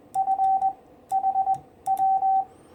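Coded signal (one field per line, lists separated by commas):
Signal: Morse code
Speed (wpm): 20 wpm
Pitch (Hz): 770 Hz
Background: none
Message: FHW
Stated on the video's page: 40m amateur CW QSO via a 6-foot-high end-fed half-wave with 81:1 unun, 10 W rising to 100 W, weak signals around 579-589.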